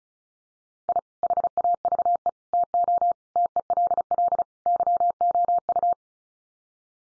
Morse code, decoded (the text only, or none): I HAVE TO TELL YOU